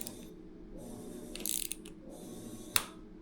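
A torque wrench tightens the last handlebar stem clamp bolt on an e-bike with ratcheting strokes. A burst of ratchet clicks comes around 1.5 to 1.7 s, then a sharp, loud click at 2.8 s confirms the bolt has reached its torque setting.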